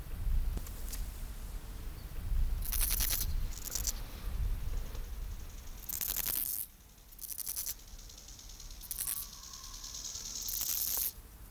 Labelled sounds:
Steppe Grasshopper (Chorthippus dorsatus) stridulation
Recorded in the wild
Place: Tüchersfeld, Fränkische Schweiz, Bayern, DE
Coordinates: 49.72, 11.07
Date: 1995-09-05 11:33
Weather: wechselnd, sonnig, 15,2°C
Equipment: Nagra SN, Sennheiser ME 80, Kopie Uher 4000 Report Monitor
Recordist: Tembrock, Günter

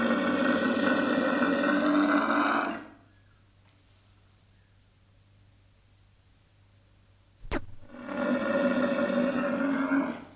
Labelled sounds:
One-humped Camel (Camelus dromedarius)
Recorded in captivity
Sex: pair
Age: adult
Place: Zoo Rostock, Mecklenburg-Vorpommern, DE
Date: 1984-02-02 13:36
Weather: overcast, 2°C
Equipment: Nagra SN, Kopie Uher 4000 Report Monitor
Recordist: Tembrock, Günter

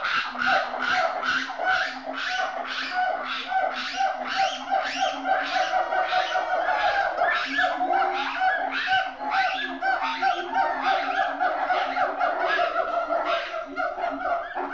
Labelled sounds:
Pileated Gibbon (Hylobates pileatus)
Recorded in captivity
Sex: female
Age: adult
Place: Zoo Berlin, Berlin, DE
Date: 1988-08-28
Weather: bedeckt, 18-20°C
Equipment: Sony WM-D6C, Sony ECM-939 LT, Kopie Tesla B 116 Stereo
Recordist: Tembrock, Günter

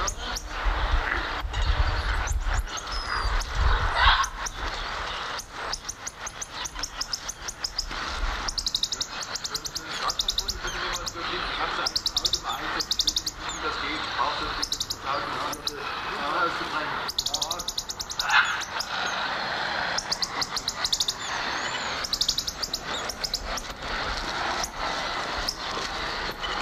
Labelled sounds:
Red-chested Mustached Tamarin (Saguinus labiatus) call
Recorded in captivity
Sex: male
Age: adult
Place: Zoo Magdeburg, Sachsen-Anhalt, DE
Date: 1995-04-05 11:25
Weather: sonnig, 8°C
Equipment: Sony WM-D6C, Mikro Philips, Kopie Uher 4200 Report Mono
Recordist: Tembrock, Günter

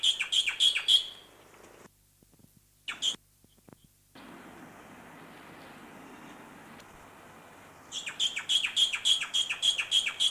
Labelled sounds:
Black-winged Starling (Acridotheres melanopterus) song
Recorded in captivity
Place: Zoo Berlin, Berlin, DE
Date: 2004-09-17 12:54
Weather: sunny, 19°C
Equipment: Sony WM-D6C, Sennheiser ME 80, Kopie Uher 4000 Report Monitor
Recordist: Tembrock, Günter

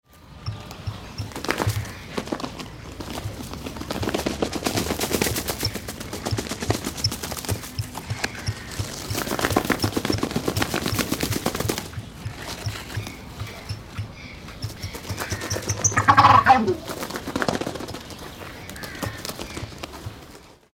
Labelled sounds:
Ocellated Turkey (Meleagris ocellata)
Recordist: Tembrock, Günter
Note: Balzfolgen

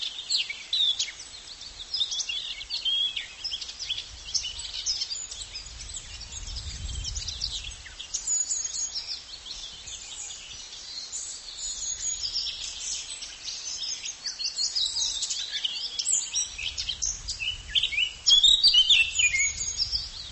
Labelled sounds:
Eurasian Blackcap (Sylvia atricapilla) song
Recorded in the wild
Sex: male
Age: adult
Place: Linum, Brandenburg, DE
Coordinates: 52.765, 12.87
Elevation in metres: 35
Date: 1999-04-25 16:34
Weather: fair to cloudy, ca. 17°C
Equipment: Sony MD-WM MZ-R3, Sennheiser MKH 416 T, Kopie Uher 4000 Report Monitor
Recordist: Tembrock, Günter

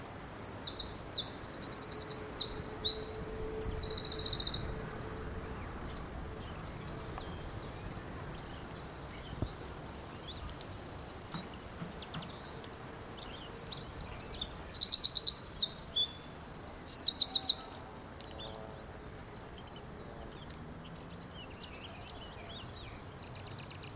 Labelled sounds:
Eurasian Wren (Troglodytes troglodytes)
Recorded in the wild
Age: adult
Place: Friedhof Niederschönhausen III, Berlin, DE
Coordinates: 52.571, 13.386
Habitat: Stadtfriedhof
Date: 1992-05-03 11:42
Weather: wolkig, 11°C
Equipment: Nagra SN, Mikrofon AKG CK 8, Kopie Tesla B 116
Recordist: Tembrock, Günter
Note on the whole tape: Friedhof III; Gesang, etwa 7 Strophen

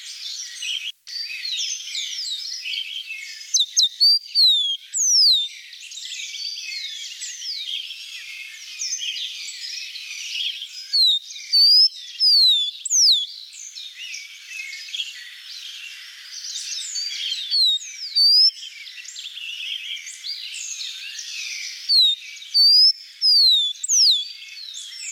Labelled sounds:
Rufous-collared Sparrow (Zonotrichia capensis) song
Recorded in the wild
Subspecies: costaricensis
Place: La Pacifica, San José, Umgebung Hotel, CR
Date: 1992-04-23
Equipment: Dat-Recorder Casio DA 7, Telinga DAT, Telinga-Parabolspiegel
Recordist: Schwarz, Dieter

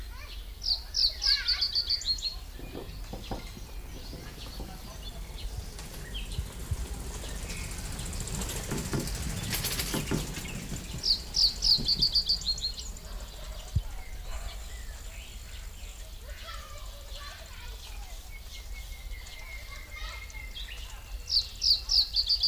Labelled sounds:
Reed Bunting (Emberiza schoeniclus) song
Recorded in the wild
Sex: male
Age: adult
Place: Lübars (Fließtal), Berlin, DE
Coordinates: 52.6167, 13.35
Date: 1998-05-31 11:30
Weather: bedeckt, 18°C
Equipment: Sony MD-WM MZ-R3, Sennheiser MKH 416 T, Kopie Uher 4000 Report Monitor
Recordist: Tembrock, Günter
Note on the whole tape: Strophen

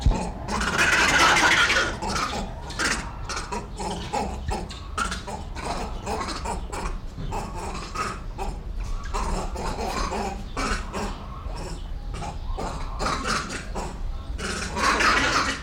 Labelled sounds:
Grivet (Chlorocebus aethiops)
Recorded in captivity
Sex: group
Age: diverse
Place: Zoo Berlin, Berlin, DE
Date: 1994-04-02 10:28
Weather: wolkig bis heiter, 8-10°C
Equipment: Marantz CP 430, Sennheiser ME 80, Kopie Uher Variocord 263
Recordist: Tembrock, Günter

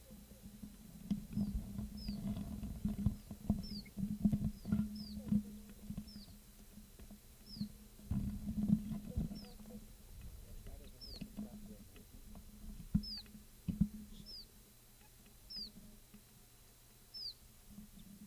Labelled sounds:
Iberian Chiffchaff (Phylloscopus ibericus)
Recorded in the wild
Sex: diverse
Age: adult
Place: Ramales de la Victoria, Nordspanien, Kantabrien, ES
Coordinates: 43.25, -3.46667
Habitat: shrubbery
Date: 1964-05-04 16:25
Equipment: Nagra III PH, LGS26
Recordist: Sapper

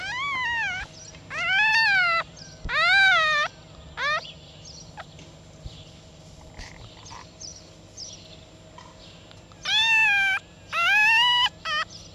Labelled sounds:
Red Fox (Vulpes vulpes)
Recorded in captivity
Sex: female
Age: juvenile
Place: Zoologisches Institut der HUB, Berlin, DE
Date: 1956-04-23
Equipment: Elmetra
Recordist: Tembrock, Günter
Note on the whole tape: Molly-Welpen: Weibchen - Quärren. Teilweise gute bis sehr gute Aufnahmequalität

